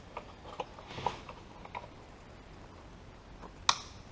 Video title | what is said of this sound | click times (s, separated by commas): How to clean a throttle body-GM Truck/SUV | that just clicks in you heard it click hopefully | 3.7 s